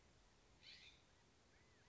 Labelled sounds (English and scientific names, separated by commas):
California Scrub-Jay (Aphelocoma californica)